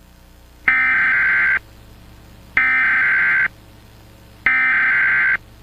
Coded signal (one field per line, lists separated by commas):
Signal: Emergency Alert System (SAME) tones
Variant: header bursts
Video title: Blast Furnace - EAS Scenario (ft. Extraordinary Studios)